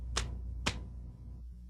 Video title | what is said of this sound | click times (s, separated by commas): How To Torque Lug Nuts Safety Training from SafetyVideos.com | when you hear the click | 0.7 s